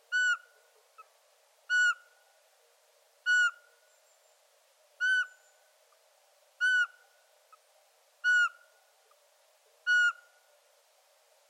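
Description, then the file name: Eurasian pygmy owl calling with a series of piping whistles, evenly spaced roughly every one and a half seconds, with soft low background hum throughout. "Sperlingskauz"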